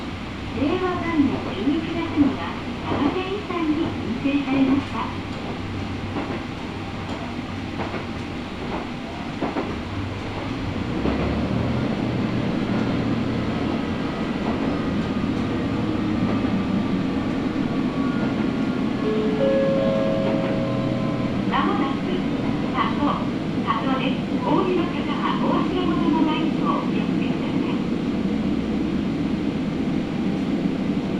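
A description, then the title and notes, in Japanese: A ride aboard the Matsuura Railway train from Matsuura to Imari, with a steady low rumble of the carriage that grows fuller and louder after about ten seconds. Faint voices and occasional clicks and squeals surface over the constant rolling noise. 松浦鉄道 松浦→伊万里。松浦から伊万里は海岸線に沿ったりしながら磁器で有名な伊万里へ向かいます。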